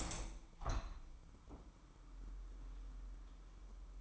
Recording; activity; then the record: daily activity, microphone in the room; open window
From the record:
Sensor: 1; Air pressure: 998.2 hPa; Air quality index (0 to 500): 141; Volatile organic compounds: 4 ppm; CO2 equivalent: 1690 ppm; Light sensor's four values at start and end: 15/53/21/21 and 16/53/21/21